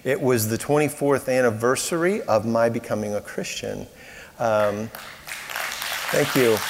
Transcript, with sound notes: It was the 24th anniversary of my becoming a Christian (applause) Uh- thank you.